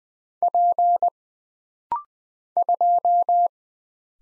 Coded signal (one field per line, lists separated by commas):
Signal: Morse code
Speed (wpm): 20 wpm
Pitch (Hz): 700 Hz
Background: none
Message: P 2